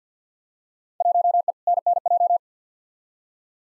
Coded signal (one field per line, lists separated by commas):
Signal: Morse code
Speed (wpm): 46 wpm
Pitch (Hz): 700 Hz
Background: none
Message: 1E NNJ